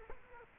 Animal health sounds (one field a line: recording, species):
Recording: mosquito wingbeat signal from an infrared sensor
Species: Culex quinquefasciatus